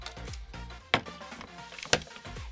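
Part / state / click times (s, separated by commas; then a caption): placement board pegs into embroidery hooping station base / seated / 0.9 s, 1.9 s. A plastic placement board for an embroidery hooping station is lined up over the target, and its two rear pegs are pushed into the two openings around the target, with music playing in the background. Two sharp clicks at 0.9 s and 1.9 s mark the two pegs snapping into the hooping station base, leaving the board seated.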